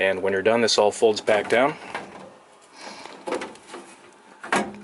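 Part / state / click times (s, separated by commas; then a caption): folding exterior stove panel latching into the camper body / seated / 4.5 s. Someone talks as the folding outdoor stovetop panel on a Fleetwood Yuma popup camper is folded back down and pushed shut against the camper body. A sharp latch clunk is heard at 4.5 seconds as the panel locks in place.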